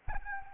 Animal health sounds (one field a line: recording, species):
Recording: mosquito wingbeat signal from an infrared sensor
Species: Anopheles arabiensis